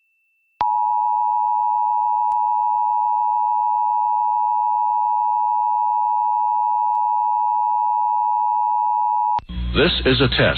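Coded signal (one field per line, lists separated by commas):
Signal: Emergency Alert System (SAME) tones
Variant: 853 and 960 Hz attention tone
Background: speech, music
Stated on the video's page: Required Monthly Test relayed by an FM broadcast station, recorded from that station's online live stream.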